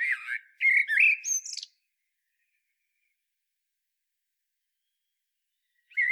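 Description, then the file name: Common blackbird singing a short phrase of low fluted warbling notes ending in a high squeaky twitter, then a long silence and the start of another phrase at the end. "Turdus merula"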